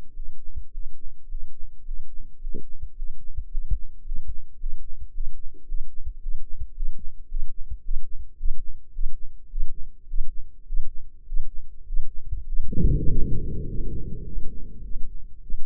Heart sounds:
heart sounds by microphone in the left ear; 106 bpm
0.09 s: heartbeat
0.66 s: heartbeat
1.24 s: heartbeat
1.80 s: heartbeat
2.36 s: heartbeat
2.91 s: heartbeat
3.46 s: heartbeat
4.01 s: heartbeat
4.55 s: heartbeat
5.10 s: heartbeat
5.64 s: heartbeat
6.18 s: heartbeat
6.72 s: heartbeat
7.26 s: heartbeat
7.81 s: heartbeat
8.35 s: heartbeat
8.91 s: heartbeat
9.48 s: heartbeat
10.06 s: heartbeat
10.64 s: heartbeat
11.24 s: heartbeat
11.84 s: heartbeat
12.44 s: heartbeat
13.05 s: heartbeat
13.65 s: heartbeat
14.24 s: heartbeat
14.83 s: heartbeat
15.41 s: heartbeat
From the record:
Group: healthy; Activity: Valsalva maneuver 0-10 s, rest 10-16 s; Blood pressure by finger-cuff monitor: 104/69 mmHg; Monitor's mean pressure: 81 mmHg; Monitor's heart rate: 107 bpm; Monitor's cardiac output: 8.6 L/min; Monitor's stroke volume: 77 mL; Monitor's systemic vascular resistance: 640 dyn s/cm5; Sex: male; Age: 23 years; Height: 178 cm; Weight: 96.6 kg

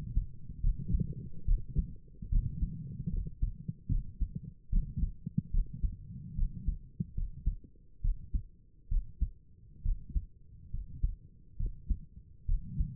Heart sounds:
heart sounds by stethoscope; 71 bpm
0.62 s: heartbeat
1.46 s: heartbeat
2.30 s: heartbeat
3.11 s: heartbeat
3.90 s: heartbeat
4.71 s: heartbeat
5.52 s: heartbeat
6.36 s: heartbeat
7.15 s: heartbeat
8.02 s: heartbeat
8.89 s: heartbeat
9.83 s: heartbeat
10.72 s: heartbeat
11.58 s: heartbeat
12.47 s: heartbeat
From the record:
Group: healthy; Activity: rest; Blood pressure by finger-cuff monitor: 96/61 mmHg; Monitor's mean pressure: 70 mmHg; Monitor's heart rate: 71 bpm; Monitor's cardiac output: 5.8 L/min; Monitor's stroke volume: 79 mL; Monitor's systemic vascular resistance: 900 dyn s/cm5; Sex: female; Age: 22 years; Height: 163 cm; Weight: 67.1 kg

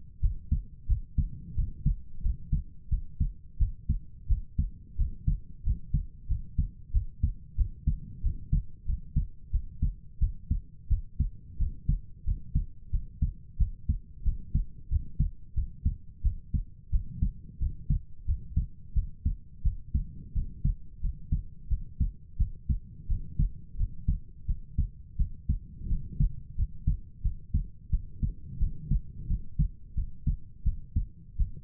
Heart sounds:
heart sounds by stethoscope; 89 bpm
0.20 s: heartbeat
0.87 s: heartbeat
1.55 s: heartbeat
2.21 s: heartbeat
2.89 s: heartbeat
3.57 s: heartbeat
4.27 s: heartbeat
4.96 s: heartbeat
5.63 s: heartbeat
6.27 s: heartbeat
6.91 s: heartbeat
7.55 s: heartbeat
8.21 s: heartbeat
8.85 s: heartbeat
9.50 s: heartbeat
10.18 s: heartbeat
10.88 s: heartbeat
11.57 s: heartbeat
12.24 s: heartbeat
12.90 s: heartbeat
13.57 s: heartbeat
14.23 s: heartbeat
14.88 s: heartbeat
15.54 s: heartbeat
16.22 s: heartbeat
16.90 s: heartbeat
17.58 s: heartbeat
18.25 s: heartbeat
18.93 s: heartbeat
19.62 s: heartbeat
20.33 s: heartbeat
21.00 s: heartbeat
21.68 s: heartbeat
22.37 s: heartbeat
23.07 s: heartbeat
23.76 s: heartbeat
24.45 s: heartbeat
25.16 s: heartbeat
25.87 s: heartbeat
26.55 s: heartbeat
27.21 s: heartbeat
27.90 s: heartbeat
28.58 s: heartbeat
29.26 s: heartbeat
29.94 s: heartbeat
30.63 s: heartbeat
31.36 s: heartbeat
From the record:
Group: healthy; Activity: rest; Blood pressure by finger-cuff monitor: 70/48 mmHg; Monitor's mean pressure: 57 mmHg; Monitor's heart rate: 89 bpm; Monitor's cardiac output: 6.9 L/min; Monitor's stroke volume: 77 mL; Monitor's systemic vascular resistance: 570 dyn s/cm5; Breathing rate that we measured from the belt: 20 breaths a minute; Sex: female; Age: 19 years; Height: 163 cm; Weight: 48.9 kg

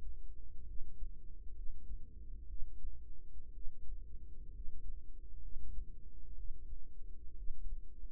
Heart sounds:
heart sounds by microphone in the right ear; 63 bpm
0.65 s: heartbeat
1.53 s: heartbeat
2.46 s: heartbeat
3.51 s: heartbeat
4.51 s: heartbeat
5.39 s: heartbeat
6.34 s: heartbeat
7.34 s: heartbeat
From the record:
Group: healthy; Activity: rest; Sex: female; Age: 36 years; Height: 163 cm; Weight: 88 kg

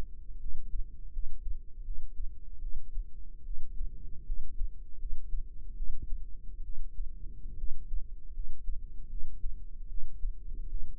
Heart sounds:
heart sounds by microphone in the right ear; 76 bpm
0.38 s: heartbeat
1.11 s: heartbeat
1.83 s: heartbeat
2.60 s: heartbeat
3.44 s: heartbeat
4.24 s: heartbeat
4.97 s: heartbeat
5.75 s: heartbeat
6.62 s: heartbeat
7.56 s: heartbeat
8.32 s: heartbeat
9.08 s: heartbeat
9.87 s: heartbeat
10.67 s: heartbeat
From the record:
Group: healthy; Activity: rest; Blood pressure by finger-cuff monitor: 107/71 mmHg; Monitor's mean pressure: 83 mmHg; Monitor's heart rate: 77 bpm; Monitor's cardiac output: 6.3 L/min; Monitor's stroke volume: 83 mL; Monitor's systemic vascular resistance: 960 dyn s/cm5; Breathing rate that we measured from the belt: 18 breaths a minute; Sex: female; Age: 22 years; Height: 157 cm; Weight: 47.6 kg

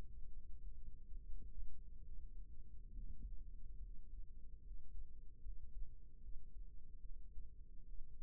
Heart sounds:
heart sounds by microphone in the right ear; 71 bpm
0.26 s: heartbeat
1.12 s: heartbeat
2.01 s: heartbeat
2.91 s: heartbeat
3.79 s: heartbeat
4.61 s: heartbeat
5.40 s: heartbeat
6.19 s: heartbeat
6.99 s: heartbeat
7.83 s: heartbeat
From the record:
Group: healthy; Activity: rest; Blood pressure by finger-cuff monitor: 133/66 mmHg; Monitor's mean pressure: 88 mmHg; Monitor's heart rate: 73 bpm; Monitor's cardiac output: 6.3 L/min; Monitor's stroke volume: 88 mL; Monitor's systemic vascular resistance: 1010 dyn s/cm5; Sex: female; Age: 37 years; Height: 168 cm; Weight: 70 kg

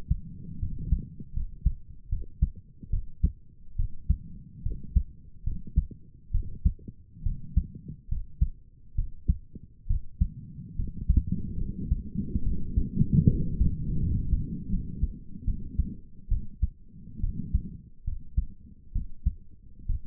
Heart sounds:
heart sounds by stethoscope; 72 bpm
0.59 s: heartbeat
1.33 s: heartbeat
2.09 s: heartbeat
2.90 s: heartbeat
3.76 s: heartbeat
4.62 s: heartbeat
5.43 s: heartbeat
6.31 s: heartbeat
7.23 s: heartbeat
8.08 s: heartbeat
8.95 s: heartbeat
9.87 s: heartbeat
10.76 s: heartbeat
11.57 s: heartbeat
12.43 s: heartbeat
13.27 s: heartbeat
13.99 s: heartbeat
14.69 s: heartbeat
15.44 s: heartbeat
16.28 s: heartbeat
17.20 s: heartbeat
18.04 s: heartbeat
18.92 s: heartbeat
19.86 s: heartbeat
From the record:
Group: healthy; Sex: female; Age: 22 years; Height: 154 cm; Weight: 58.7 kg

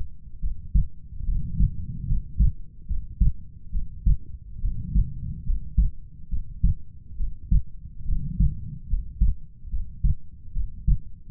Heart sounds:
heart sounds by stethoscope; 71 bpm
0.40 s: heartbeat
1.25 s: heartbeat
2.06 s: heartbeat
2.86 s: heartbeat
3.71 s: heartbeat
4.60 s: heartbeat
5.44 s: heartbeat
6.29 s: heartbeat
7.16 s: heartbeat
8.05 s: heartbeat
8.87 s: heartbeat
9.69 s: heartbeat
10.53 s: heartbeat
From the record:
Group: healthy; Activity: rest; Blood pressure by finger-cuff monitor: 98/65 mmHg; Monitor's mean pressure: 76 mmHg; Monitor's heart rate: 71 bpm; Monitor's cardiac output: 5.5 L/min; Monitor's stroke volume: 78 mL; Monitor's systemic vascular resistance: 980 dyn s/cm5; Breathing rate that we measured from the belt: 18 breaths a minute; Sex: female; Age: 22 years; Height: 160 cm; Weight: 45 kg

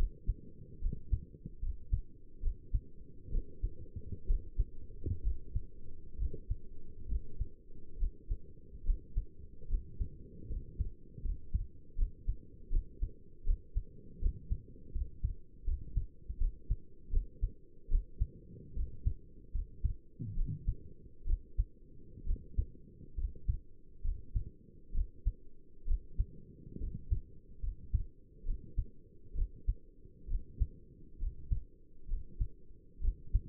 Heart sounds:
heart sounds by stethoscope; 71 bpm
0.82 s: heartbeat
1.62 s: heartbeat
2.43 s: heartbeat
3.32 s: heartbeat
4.28 s: heartbeat
5.24 s: heartbeat
6.19 s: heartbeat
7.09 s: heartbeat
8.00 s: heartbeat
8.86 s: heartbeat
9.70 s: heartbeat
10.50 s: heartbeat
11.24 s: heartbeat
11.98 s: heartbeat
12.72 s: heartbeat
13.47 s: heartbeat
14.22 s: heartbeat
14.95 s: heartbeat
15.67 s: heartbeat
16.40 s: heartbeat
17.13 s: heartbeat
17.91 s: heartbeat
18.76 s: heartbeat
19.55 s: heartbeat
20.37 s: heartbeat
21.27 s: heartbeat
22.27 s: heartbeat
23.18 s: heartbeat
24.04 s: heartbeat
24.95 s: heartbeat
25.88 s: heartbeat
26.81 s: heartbeat
27.63 s: heartbeat
28.46 s: heartbeat
29.36 s: heartbeat
30.29 s: heartbeat
31.20 s: heartbeat
32.09 s: heartbeat
33.02 s: heartbeat
From the record:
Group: healthy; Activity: cold pressor test 0-8 s, rest 8-34 s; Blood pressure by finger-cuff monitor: 119/69 mmHg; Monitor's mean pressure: 85 mmHg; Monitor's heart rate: 69 bpm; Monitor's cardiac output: 6.4 L/min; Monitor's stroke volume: 91 mL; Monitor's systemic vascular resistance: 970 dyn s/cm5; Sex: male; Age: 22 years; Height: 181 cm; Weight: 79 kg

